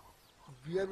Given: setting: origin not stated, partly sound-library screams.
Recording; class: one-second piece from a danger detection set; normal situation